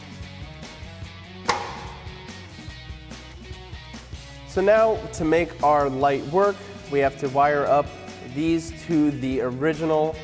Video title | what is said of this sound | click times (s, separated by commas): 2009-2018 RAM 1500 RAM Officially Licensed Extreme HD Rear Bumper Review & Install | And we just press in and this snaps into place. | 1.5 s